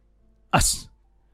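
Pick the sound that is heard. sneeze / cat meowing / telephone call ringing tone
sneeze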